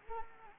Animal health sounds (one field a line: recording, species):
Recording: mosquito wingbeat signal from an infrared sensor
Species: Anopheles arabiensis